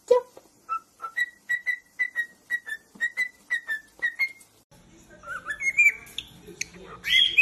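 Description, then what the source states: Cockatiel whistling: a steady run of short, clear whistled notes, then a burst of rougher, scratchy chatter toward the end. Several cockatiels singing, whistling song.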